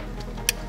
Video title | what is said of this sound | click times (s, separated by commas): DIY: FIAT 500 Turbo/ ABARTH - Installing the MAXPower PRO by MADNESS. | just kind of find it back there and make sure it clicks that goes | 0.5 s